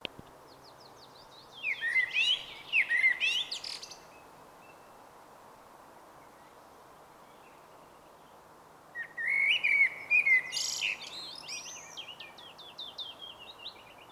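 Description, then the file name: Common blackbird song: two separate phrases with a long pause between, each a fluty, warbling opening that breaks into a squeaky, high-pitched twitter, over steady background noise. "Turdus merula"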